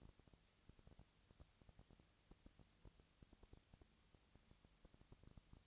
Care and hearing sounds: daily activity, microphone in the room; no activity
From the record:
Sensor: 3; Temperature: 20.4 degrees Celsius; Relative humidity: 34.4%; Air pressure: 997.0 hPa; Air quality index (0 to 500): 205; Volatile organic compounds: 68 ppm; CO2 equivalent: 3497 ppm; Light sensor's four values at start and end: 2/3/2/2 and 2/3/2/2

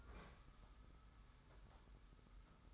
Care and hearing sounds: daily activity, microphone in the room; open fridge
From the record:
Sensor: 3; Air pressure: 990.9 hPa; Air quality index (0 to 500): 123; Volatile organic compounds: 112 ppm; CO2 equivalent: 3830 ppm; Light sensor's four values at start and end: 29/70/28/26 and 29/70/28/26

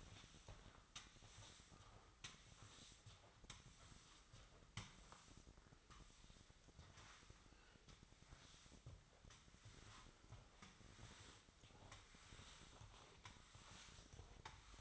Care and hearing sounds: daily activity, microphone in the room; sweep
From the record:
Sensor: 3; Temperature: 24.8 degrees Celsius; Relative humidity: 38.3%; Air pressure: 1003.1 hPa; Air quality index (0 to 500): 196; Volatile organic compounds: 6 ppm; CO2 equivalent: 1913 ppm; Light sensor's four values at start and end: 21/51/22/23 and 20/49/21/23

